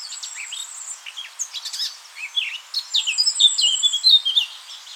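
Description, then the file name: Eurasian blackcap calls: a lively run of varied chirps and short warbled notes that grows louder and busier in the second half, over soft background hiss. "Sylvia atricapilla"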